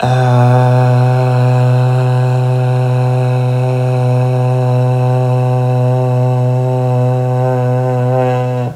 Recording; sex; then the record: sustained vowel /a/; male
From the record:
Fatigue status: no fatigue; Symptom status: asymptomatic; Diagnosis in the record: COVID-19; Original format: m4a